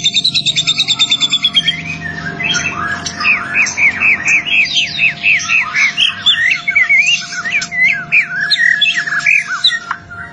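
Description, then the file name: White-rumped shama song opening with a rapid pulsed trill, then a long chattering series of varied short whistled notes; a faint steady hum lies underneath. Master song used for training songbirds. "suara master murai batu"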